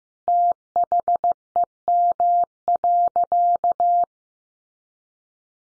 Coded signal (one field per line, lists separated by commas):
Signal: Morse code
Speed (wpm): 15 wpm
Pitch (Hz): 700 Hz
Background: none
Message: THEM.